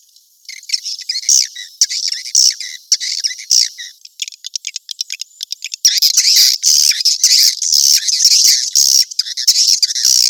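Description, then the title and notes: Swiftlet calls, scattered high chirps and clicks at first, then a loud dense run of rapid buzzy twittering to the end. From Asia, used in swiftlet farming to attract birds. "Swiflet Bird Sound. Farming Swiflet Bird asia"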